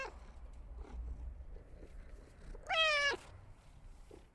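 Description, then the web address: Cat making one short, bright meow in the middle, with faint soft sounds around it. A cat requesting attention. "il suono di un gatto che richiede attenzione"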